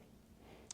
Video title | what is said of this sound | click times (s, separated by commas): Unboxing the Cellercise, QA – Cellercise® LIVE with Dave Hall | they're seated. | 0.7 s